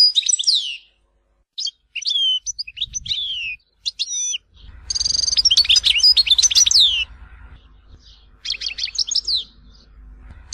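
European goldfinch song: clusters of sharp, high twittering notes with pauses, then a dense tinkling burst over a faint low hum, and a final short phrase.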